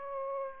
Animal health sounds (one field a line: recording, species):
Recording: mosquito wingbeat signal from an infrared sensor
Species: Aedes aegypti